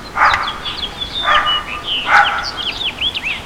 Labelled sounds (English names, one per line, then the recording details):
House Finch song
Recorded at Babylon on Long Island, New York, on 18 May 2013
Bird H